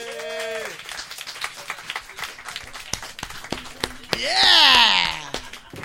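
An audience at the start of an evening show breaks into steady, dense applause welcoming a performer, many hands clapping throughout, mixed with wailing whoops and cheers, including a long, loud high-pitched cheer toward the end.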